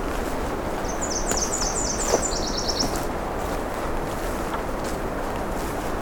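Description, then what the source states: Nashville Warbler song: a run of high, evenly spaced two-part notes followed by a faster, lower twittering trill, all within about two seconds, over steady rushing background noise. Song rendered as C-bit-C-bit-C-bit-C-C-C-C, heard along a narrow unopened road allowance crowded by small cedars and shrubs at a park edge, heading to a wetland, on a warm June morning.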